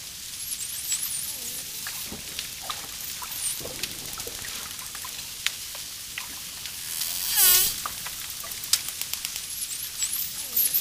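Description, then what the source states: Dolphin sounds: high looping whistles at the start and end, steady clicking throughout, and a loud buzzy pulsed burst in the second half. Clicking and whistling of a dolphin, with water splashes.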